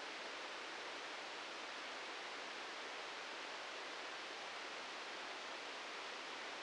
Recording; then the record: brain microelectrode recording played as sound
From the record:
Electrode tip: outside the subthalamic nucleus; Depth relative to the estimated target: 2 mm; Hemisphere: right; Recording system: NeuroSet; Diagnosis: Parkinson's disease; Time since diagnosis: 13 years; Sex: male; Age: 63 years